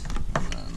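A second plastic cap is pressed onto an engine bay fuse box of a 2004–2010 (3rd Gen) Honda Odyssey during replacement of the corroded positive battery cable. A few light ticks lead up to one sharp click at 0.4 s, followed by softer knocks. The cap snaps into place and is seated.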